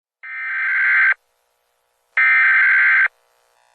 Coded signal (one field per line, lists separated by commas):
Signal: Emergency Alert System (SAME) tones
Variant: header bursts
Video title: Eas